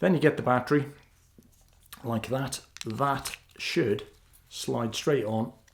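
Someone talks while handling a rechargeable battery pack and sliding it toward the rear mount on the head torch strap of a Petzl Nao RL headlamp, with a few faint, brief handling ticks in the pause around 1.4–1.9 seconds. Nothing has seated or clicked yet; the clip ends before the pack latches onto the mount.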